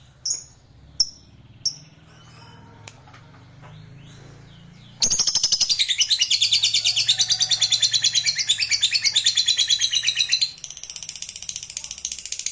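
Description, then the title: Lovebird with three short chirps, a quiet gap, then a loud rapid buzzy chatter for about five seconds that fades to softer chattering. Meant to prompt a lovebird that is reluctant to sing into spontaneous, excited singing. "LOVEBIRD Malas Bunyi JADI GREGET SPONTAN Langsung NARIK"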